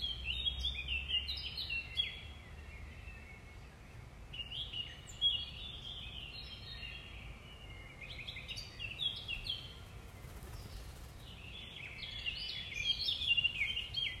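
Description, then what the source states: Common nightingale song in three bouts of quick varied trills and whistles separated by quieter pauses. Recorded 5 May 2020 in the early morning, around 05:31; more than one nightingale.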